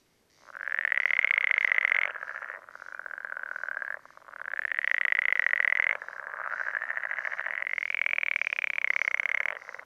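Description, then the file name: Pool frog gives loud, dense rattling croaks in sustained bursts, one after another with brief drops between. "pelophylax lessonae"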